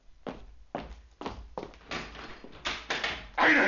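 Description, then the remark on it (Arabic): Al-Qazwini's door being opened: a string of sharp wooden knocks and clunks gives way to rattling latch noise, ending in a louder, sustained scrape as it swings. No one speaks. “افتح يا قزويني. هذا نصير. من نصير هذا؟ افتح الباب.”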